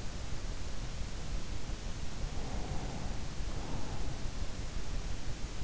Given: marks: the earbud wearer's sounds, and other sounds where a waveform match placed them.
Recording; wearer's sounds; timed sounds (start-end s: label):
sounds in sleep by an in-ear microphone; breath
2.22-4.11 s: breath